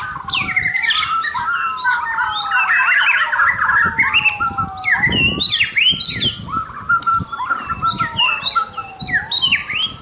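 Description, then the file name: White-rumped shama song of sharp high whistles and chatter, over repeated long tones that slide slowly upward then fall. Indonesian name murai batu, labelled mahkota. "suara murai batu mahkota"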